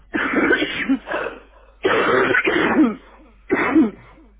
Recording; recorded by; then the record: voluntary cough; telephone call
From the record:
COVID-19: positive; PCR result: checked with the laboratory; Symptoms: yes